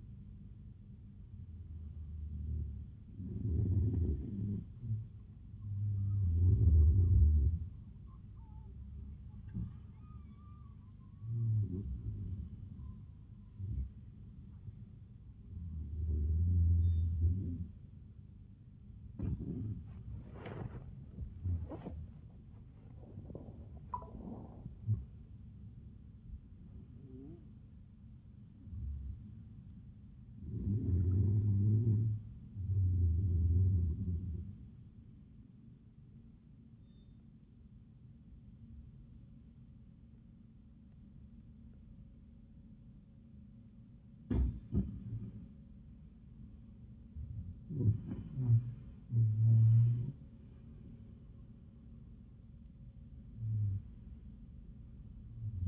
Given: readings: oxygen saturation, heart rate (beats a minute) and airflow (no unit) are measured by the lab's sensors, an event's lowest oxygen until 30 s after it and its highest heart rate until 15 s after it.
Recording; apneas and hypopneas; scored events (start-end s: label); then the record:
a person awake in a sleep study, by a smartphone at the bedside; 1
3.00-31.00 s: awake
30.00-55.68 s: new sleep stage, N1 (lightest sleep)
35.00-49.30 s: hypopnea (N1, oxygen 96% highest, then 87% lowest)
From the record:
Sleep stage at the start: awake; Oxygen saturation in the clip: 89 to 96%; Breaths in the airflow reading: 11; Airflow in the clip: -18.4 to 14.2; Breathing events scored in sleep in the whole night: 400 in 8.7 hours asleep